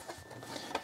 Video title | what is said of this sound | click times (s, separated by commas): How to replace a power supply in the Xbox Series S - Simple start to finish guide. No Power Issue. | Pop it into place | 0.8 s